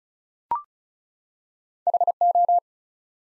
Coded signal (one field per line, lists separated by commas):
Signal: Morse code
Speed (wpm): 35 wpm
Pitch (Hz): 700 Hz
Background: none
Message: HO